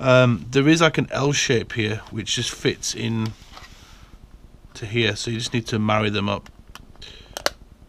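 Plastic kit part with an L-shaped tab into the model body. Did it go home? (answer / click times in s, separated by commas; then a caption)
yes / 7.4 s, 7.5 s. Someone talks while lining up the L-shaped tab of a plastic Bandai TIE Striker 1:72 scale model kit part with its mating section in the model body and pushing it in. After the speech, a few faint taps are followed by sharp clicks at 7.4 and 7.5 seconds as the part seats into place.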